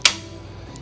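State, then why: Seated. The folding frame lock on a GoGo Carbon SC25 mobility scooter (2025), folded by lifting from the seat area and pushing from the front, clicks into place at 0.1 s with a sharp, bright click. A much fainter tick follows at 0.8 s. The lock is engaged, meaning the frame is locked in its folded position.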